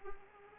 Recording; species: mosquito wingbeat signal from an infrared sensor; Anopheles arabiensis